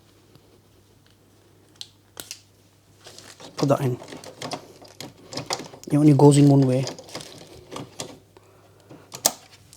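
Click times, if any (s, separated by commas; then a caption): 9.3 s. Someone talks while an ink cartridge is pushed down into its slot in the carriage of a Canon PIXMA TS5050 all-in-one Wi-Fi inkjet printer, with scattered light taps and handling clicks along the way. A sharp, loud click at 9.3 s marks the cartridge seating home, and a light comes on to show it is in.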